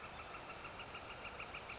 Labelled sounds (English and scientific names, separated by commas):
Northern Flicker (Colaptes auratus)